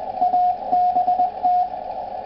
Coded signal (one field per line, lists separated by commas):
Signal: Morse code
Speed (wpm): 20 wpm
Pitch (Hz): 720 Hz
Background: radio noise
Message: ABT